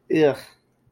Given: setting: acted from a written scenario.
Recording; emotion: vocal sound without words; disgust